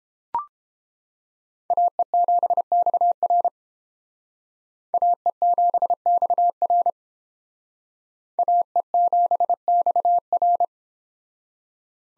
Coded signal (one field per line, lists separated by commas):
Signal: Morse code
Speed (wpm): 30 wpm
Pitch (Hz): 700 Hz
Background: none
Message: AE7XR AE7XR AE7XR